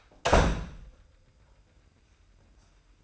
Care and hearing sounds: daily activity, microphone in the room; close door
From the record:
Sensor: 2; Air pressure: 990.2 hPa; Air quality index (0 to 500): 181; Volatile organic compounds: 1000 ppm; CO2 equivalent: 5751 ppm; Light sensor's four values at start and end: 35/81/33/33 and 35/81/33/33

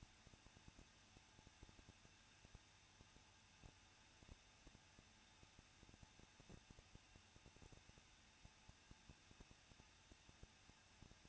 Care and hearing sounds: daily activity, microphone in the room; no activity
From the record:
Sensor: 2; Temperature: 21.0 degrees Celsius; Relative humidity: 37.6%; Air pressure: 1006.3 hPa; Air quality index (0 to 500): 224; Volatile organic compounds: 25 ppm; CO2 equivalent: 2847 ppm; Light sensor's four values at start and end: 2/3/2/2 and 2/3/2/2

